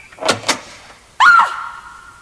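A door on the first floor of a building opens: two quick clunks from the latch, then a sudden scraping swing with a drawn-out, high squeaky creak that slowly fades. No one speaks.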